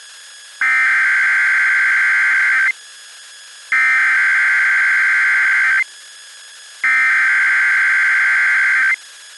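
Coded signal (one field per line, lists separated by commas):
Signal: Emergency Alert System (SAME) tones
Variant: header bursts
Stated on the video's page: Severe Thunderstorm Watch SAME header and end-of-message from NOAA Weather Radio, Jefferson City, Missouri, originating station KQUL.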